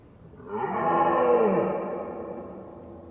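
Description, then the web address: Red deer, one drawn-out harmonic bellow that dips in pitch and trails off over steady low noise. Recorded at a far distance. "red deer far distance. fvtt sonniss gdc audio"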